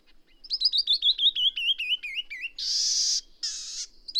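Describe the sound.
Bird song: a rapid descending run of slurred whistled notes, followed by two harsh, buzzy rasping bursts.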